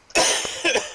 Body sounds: coughing mixed with background sound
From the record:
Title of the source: Dry Afternoon Cough

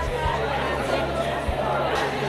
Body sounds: background sound without coughing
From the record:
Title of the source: CITY SOUNDS Busy Bar in the Evening Night - 2 HOURS of Ambiance for Relaxation

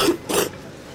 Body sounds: coughing mixed with background sound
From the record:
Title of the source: 30 Chesty and wet cough

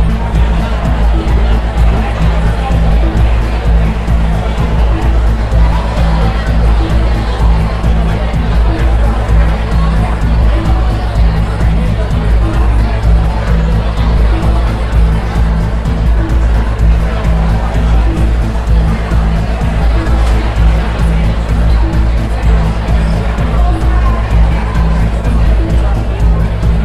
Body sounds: background sound without coughing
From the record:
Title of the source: Party Noise 1 Hour Party Ambience

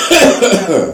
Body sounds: coughing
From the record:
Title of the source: Residual Phlegmy Morning Coughing and Gagging

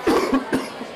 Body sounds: coughing mixed with background sound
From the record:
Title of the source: Coughing 77

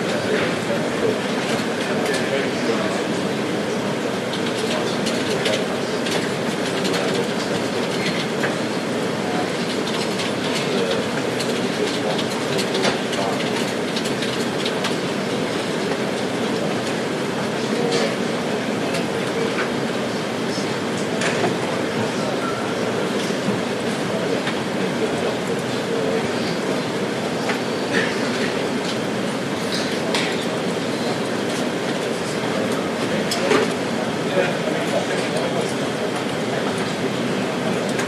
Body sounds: background sound without coughing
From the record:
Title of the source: Office Sounds Ambience - Background Noise for Study and Work

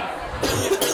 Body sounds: coughing mixed with background sound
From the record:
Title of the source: 34 coughing up crap again

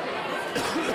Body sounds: coughing mixed with background sound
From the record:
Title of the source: Coughing 46

